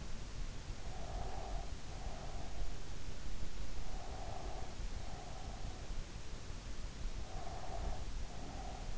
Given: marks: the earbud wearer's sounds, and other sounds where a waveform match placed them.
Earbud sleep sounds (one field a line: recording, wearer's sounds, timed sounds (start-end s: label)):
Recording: sounds in sleep by an in-ear microphone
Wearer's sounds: breath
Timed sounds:
0.76-2.71 s: breath
3.92-5.92 s: breath
7.26-8.98 s: breath